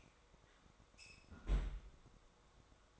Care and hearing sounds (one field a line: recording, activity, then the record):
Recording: daily activity, microphone in the room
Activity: close fridge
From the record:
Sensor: 3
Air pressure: 1004.5 hPa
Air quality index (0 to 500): 193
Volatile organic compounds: 13 ppm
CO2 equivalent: 2423 ppm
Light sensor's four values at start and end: 5/12/4/4 and 5/12/4/4